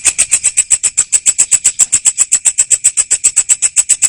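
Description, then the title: Cricket chirping as a steady, rapid series of bright, shrill pulses with no pauses. Loud cricket chirping (ngerik) played to make lovebirds sing their continuous ngekek song. "Suara JANGKRIK NGERIK Keras Bikin LOVEBIRD Jadi NGEKEK Terus Vubey"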